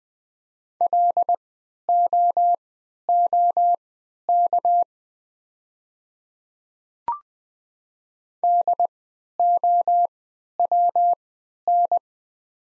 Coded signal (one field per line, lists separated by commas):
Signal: Morse code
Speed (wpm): 20 wpm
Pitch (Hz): 700 Hz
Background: none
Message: LOOK DOWN